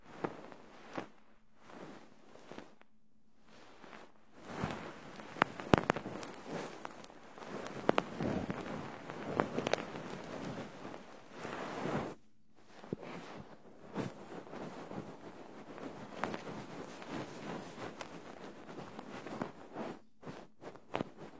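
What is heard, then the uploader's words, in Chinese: A feather duster brushes and swishes in dense rustling bursts with sharp crackly clicks, broken by brief quiet pauses near four and twelve seconds. 鹅毛棒的深度清洁！酥酥麻麻。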